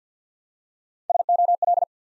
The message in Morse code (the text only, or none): SOL